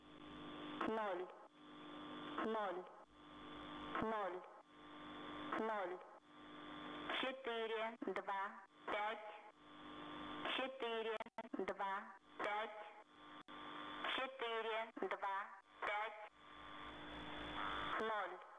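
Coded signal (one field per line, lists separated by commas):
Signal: numbers station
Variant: S06s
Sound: automated female voice reading short numbers one by one at an even pace, slightly distorted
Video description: Ukrainian Number Station sends no message to spies. 425 00000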